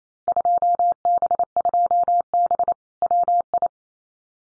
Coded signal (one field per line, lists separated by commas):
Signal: Morse code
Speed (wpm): 28 wpm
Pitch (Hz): 700 Hz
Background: none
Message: 2B2B WI